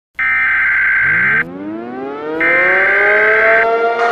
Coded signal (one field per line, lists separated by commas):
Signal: Emergency Alert System (SAME) tones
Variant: header bursts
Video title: EAS Scenario #1 When day breaks (Preview)